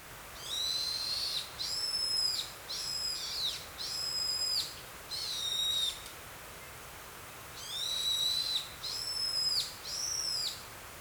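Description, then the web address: Brown-eared bulbul giving shrill whistled notes, each drawn out and slurred with a ringing harmonic quality, in two bursts of repeated phrases with a pause between them. "bird song hiyodori"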